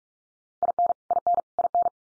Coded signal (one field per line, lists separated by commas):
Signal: Morse code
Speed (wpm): 44 wpm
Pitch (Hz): 700 Hz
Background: none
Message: IN IN IN